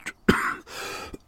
He's been ill for a long time. A very dry cough.